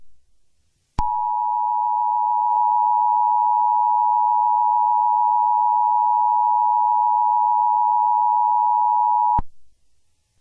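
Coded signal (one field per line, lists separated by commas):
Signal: Emergency Alert System (SAME) tones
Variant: 853 and 960 Hz attention tone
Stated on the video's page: Fictional double-feature EAS scenario containing valid and invalid tones, with sirens and distorted effects.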